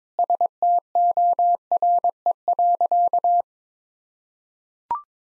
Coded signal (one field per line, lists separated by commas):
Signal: Morse code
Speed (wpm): 22 wpm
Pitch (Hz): 700 Hz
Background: none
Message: STORE.